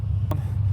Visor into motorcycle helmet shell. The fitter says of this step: as usual the shuri comes with a pen lock system and it's got that nice audible click when you want to click the visor down